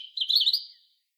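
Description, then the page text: European robin giving a short, high wavering warble that fades out after under a second. "European Robin. KÜRE Encyclopedia"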